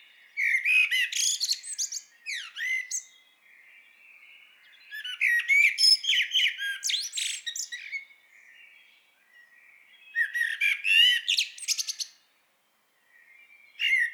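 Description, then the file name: Common blackbird repeating warbling song phrases roughly every four to five seconds, low fluty notes blending into squeaky high-pitched twittering, each burst lasting a few seconds. "Turdus merula"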